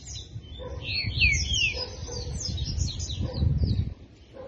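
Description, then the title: Double-collared seedeater song of quick, bright slurred whistles and chirps in a dense, hurried run. Low rumbling background noise throughout. Song style called "tui tui"; bird described as "fibra". "COLEIRO DE GOLA TUI TUI FIBRA"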